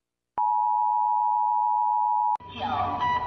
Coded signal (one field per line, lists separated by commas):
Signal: Emergency Alert System (SAME) tones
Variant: 853 and 960 Hz attention tone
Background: speech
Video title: Mr. Incredible Becoming Uncanny (EAS Alarms)